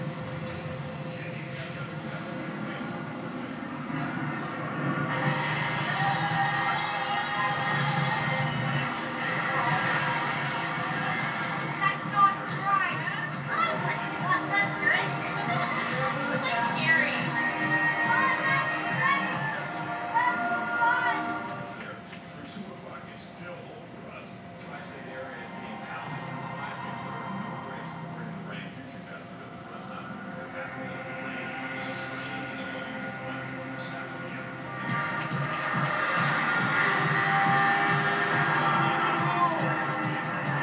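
Busy arcade ambience with steady overlapping chatter and electronic game tones, quieter midway around 22 to 34 seconds, then swelling again.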